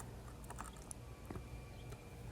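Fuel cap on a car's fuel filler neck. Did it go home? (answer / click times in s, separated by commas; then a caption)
yes / 0.9 s. A new plastic fuel cap is twisted onto the filler neck of a Subaru's fuel tank, with light scraping and small ticks as it turns. The cap's ratchet gives a sharp click at 0.9 s, showing it has reached full tightness, followed by a few faint ticks.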